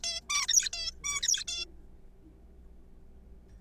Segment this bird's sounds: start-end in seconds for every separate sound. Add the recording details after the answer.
0.04-0.20, 0.29-0.47, 0.48-0.69, 0.73-0.91, 1.04-1.22, 1.22-1.44, 1.48-1.66. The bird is a juvenile. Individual R3428